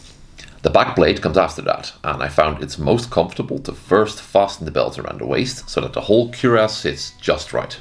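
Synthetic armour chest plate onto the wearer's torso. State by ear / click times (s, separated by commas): seated / 0.4 s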